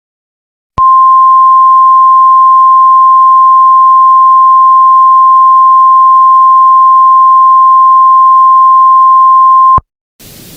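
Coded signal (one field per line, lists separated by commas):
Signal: Emergency Alert System (SAME) tones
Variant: 1050 Hz attention tone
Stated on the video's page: Fictional Emergency Alert System scenario about Godzilla; simulated alert.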